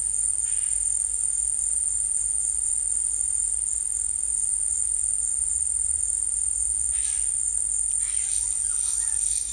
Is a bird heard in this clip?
no